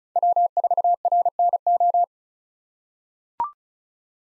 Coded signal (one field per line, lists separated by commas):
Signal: Morse code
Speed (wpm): 34 wpm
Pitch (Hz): 700 Hz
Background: none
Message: W4RNO